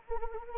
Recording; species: mosquito wingbeat signal from an infrared sensor; Anopheles arabiensis